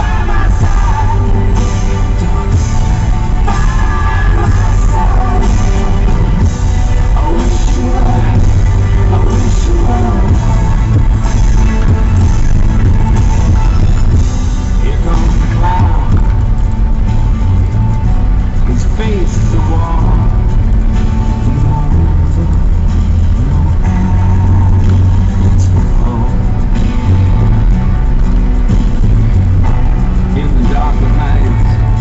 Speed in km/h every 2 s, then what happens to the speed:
19, 20, 20, 20, 21, 21, 20, 18, 19, 19, 19, 18, 17, 18, 19, 19.
0-32 steady at about 19.